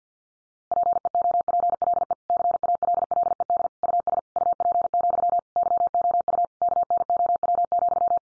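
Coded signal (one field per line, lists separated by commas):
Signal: Morse code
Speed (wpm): 49 wpm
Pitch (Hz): 700 Hz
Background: none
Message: PEOPLE CALLED US UP, YOU KNOW,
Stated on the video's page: Head-copy sentence drill at 50 wpm, each sentence sent in Morse, spoken, then sent again.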